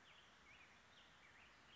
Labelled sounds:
Black-headed Grosbeak
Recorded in Sonoma County, California

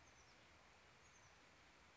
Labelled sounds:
Oak Titmouse
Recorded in Sonoma County, California

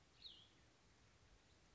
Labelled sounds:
Cassin's Vireo
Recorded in Sonoma County, California

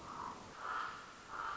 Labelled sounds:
Common Raven
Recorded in Sonoma County, California

